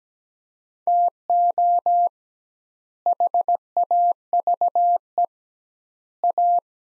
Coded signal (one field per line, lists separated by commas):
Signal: Morse code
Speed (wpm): 17 wpm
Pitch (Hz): 700 Hz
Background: none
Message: TO HAVE A